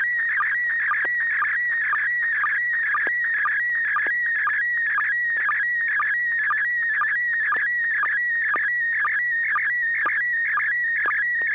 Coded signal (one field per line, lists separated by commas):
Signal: SSTV (slow-scan television)